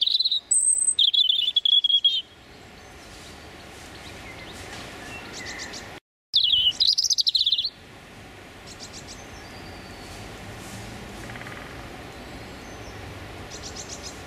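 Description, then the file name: European robin singing a run of high, slurred whistles and trills, a brief dropout, another short phrase, then faint chirps from other birds. Male singing his territorial song. "European Robin Erithacus rubecula male singing his territorial song"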